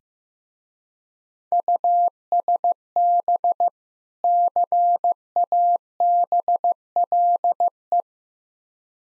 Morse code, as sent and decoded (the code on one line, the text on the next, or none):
..- ... -... / -.-. .- -... .-.. .
USB CABLE